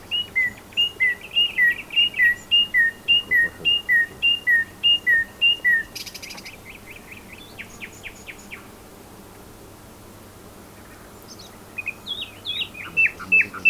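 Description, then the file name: Common nightingale song: a steady series of paired whistled notes repeated over six seconds, a sharp buzz, a quick trill, then after silence a final varied phrase. "Luscinia megarhynchos"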